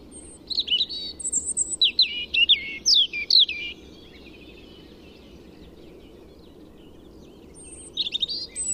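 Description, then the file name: European robin song: a long, varied phrase of rapid sliding whistles and trills over roughly three seconds, a quiet spell, then another high phrase. "Erithacus rubecula"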